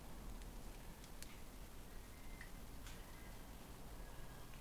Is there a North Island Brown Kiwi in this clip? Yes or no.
yes